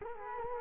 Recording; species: mosquito wingbeat signal from an infrared sensor; Culex quinquefasciatus